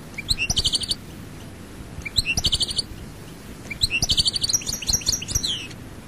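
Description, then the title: European goldfinch song of short jingling phrases, rapid buzzy-tinkling note trains repeated three times, the last one longer and more varied. "Chant Chardonneret"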